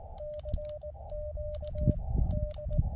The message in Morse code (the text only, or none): CQ D